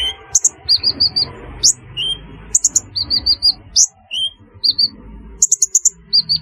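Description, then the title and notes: Sunbird chirping: quick high-pitched chirps and short buzzy trills in irregular bursts, over uneven low background noise. "Kicau Burung Kolibri"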